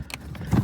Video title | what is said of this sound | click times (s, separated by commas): Smelly Tesla Air Conditioning? Here's The Fix! | locked in and you can hear the snap | 0.1 s